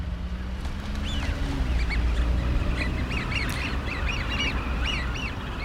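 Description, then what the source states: Eurasian wigeon flock whistling: many overlapping rising-falling whistles in quick succession over a constant low rumble. Winter visitor to the Netherlands, staying six to eight months; 40% of the whole population winters there; large flocks leave from mid-March, gone by early April.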